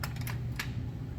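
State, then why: Not seated. A metal bayonet is handled onto the bayonet lug of a Century Arms AK63DS AK-pattern rifle, with sharp metallic taps at about 0.0, 0.3 and 0.6 seconds over a steady low hum. The bayonet has not locked onto the lug yet.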